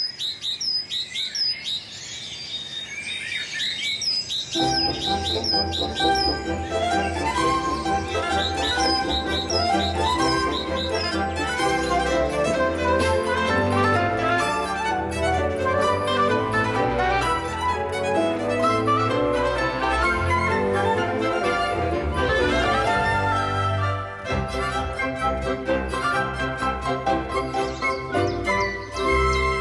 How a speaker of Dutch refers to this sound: En hier nog zo'n heerlijke cacofonie van vogelgeluiden. Dit keer speelt de tjiftjaf. De eerste viool.